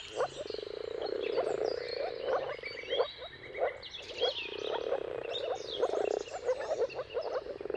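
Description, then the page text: Moor frog chorus of low, bubbling calls swelling in irregular bursts, while birds sing whistled phrases above. Many moor frogs giving mating calls at sunrise in a dawn chorus, around the turn of March and April, timing depending on the weather. "Jakub-Orzecki moor frogs. Dawn’s Chorus: Mating Calls of Marsh Frogs at Sunrise. Depending on the weather at the turn of March and April, you can witness an amazing spectacle of moor frogs"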